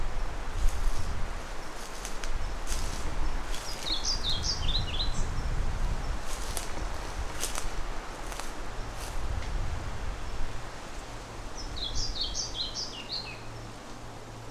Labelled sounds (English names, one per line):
European Pied Flycatcher